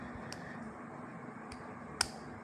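A plastic armor ring is pressed onto a spinning-top toy after several failed tries, with faint ticks at about 0.3 and 1.5 seconds over a steady background hiss. At 2.0 seconds it snaps on with a sharp click, and the armor is locked in place.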